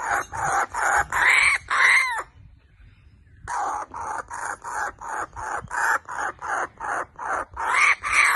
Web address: pileto na smeesata se kukabara izdava vik podoben na coveskia smah